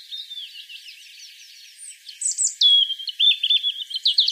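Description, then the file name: European robin song: a soft, thin warble at first, then louder high phrases of sweet notes and quick trills, ending in rapid repeated twittering. "Erithacus rubecula"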